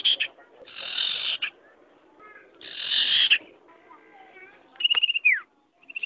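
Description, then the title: Bird song of harsh, buzzy bursts mixed with short whistles and a quick falling whistled sweep, then a brief high whistled phrase at the end. "burung"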